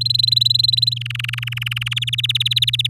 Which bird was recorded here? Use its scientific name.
Serinus canaria